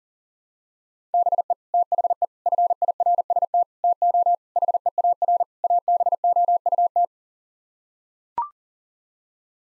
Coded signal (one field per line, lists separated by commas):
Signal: Morse code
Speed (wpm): 40 wpm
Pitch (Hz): 700 Hz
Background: none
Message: BE THE FIRST TO HEAR ABOUT